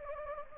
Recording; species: mosquito wingbeat signal from an infrared sensor; Anopheles gambiae